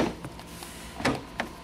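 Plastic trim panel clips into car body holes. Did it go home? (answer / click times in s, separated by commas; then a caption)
yes / 1.1 s, 1.4 s. On a 2006 Honda Civic during a rear shock replacement, a rear interior plastic trim piece has its two clips lined up with two holes in the car body and pushed in. Two sharp snaps are heard at 1.1 s and 1.4 s over a low background hum. The clips seat and the trim panel is snapped into place.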